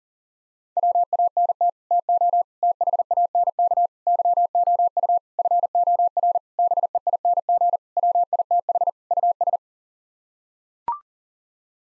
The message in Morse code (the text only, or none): WANT TO THANK YOU FOR BEING WITH US